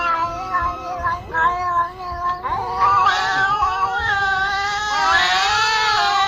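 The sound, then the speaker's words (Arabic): A cat on a bed caterwauls in a long, wavering yowl that sounds like two or three cats together, its pitch sliding up and down and swelling louder toward the end, with no talking over it. “القطة صوتها زي ما يكون صوت قطتين ثلاثة مع بعض.”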